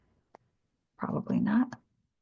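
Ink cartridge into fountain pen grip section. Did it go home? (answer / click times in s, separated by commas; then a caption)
no / none. A pre-filled plastic ink cartridge is handled at the grip section of a fountain pen, where it is to be pushed onto the nipple inside. A brief soft tick sounds near 0.4 s, then someone talks from about 1.0 to 1.8 s. Nothing has seated or clicked yet.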